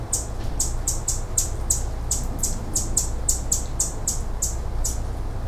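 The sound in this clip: Hummingbird chirping: short, piercing high notes in an even series, roughly two to three per second, with a low constant hum underneath.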